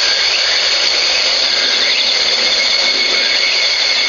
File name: ツクツクボウシ